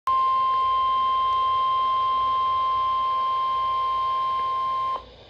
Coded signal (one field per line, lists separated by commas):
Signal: Emergency Alert System (SAME) tones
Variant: 1050 Hz attention tone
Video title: NOAA Weather Radio - Special Marine Warning [EAS #183] (6/2/22)